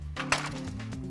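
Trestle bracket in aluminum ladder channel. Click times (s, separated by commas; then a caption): 0.3 s. A trestle bracket is slipped into the outer channel of an aluminum Little Giant RevolutionXE ladder and its lock engages with a sharp knock at 0.3 s, seating it in place. Fainter knocks follow at 0.9 s and 1.2 s over a low steady hum.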